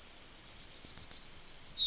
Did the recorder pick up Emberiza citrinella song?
yes